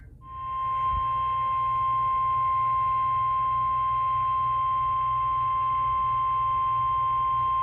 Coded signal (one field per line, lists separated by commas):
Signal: Emergency Alert System (SAME) tones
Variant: 1050 Hz attention tone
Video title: A Jumbled-Up June Pt. 1 - EAS Alerts from 6/8/25 || EAS 1,830-1,837